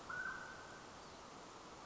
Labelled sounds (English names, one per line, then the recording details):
Mountain Quail
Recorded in Sonoma County, California